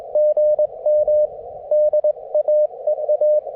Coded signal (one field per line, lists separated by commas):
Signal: Morse code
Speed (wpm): 21 wpm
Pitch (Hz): 590 Hz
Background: none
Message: GM DAEA